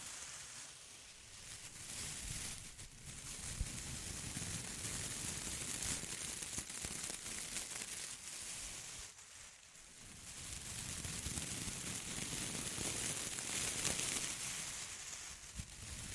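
Intense close-up crinkling forms a dense, crackling wash with a bright hiss, easing briefly around three and nine seconds before swelling again.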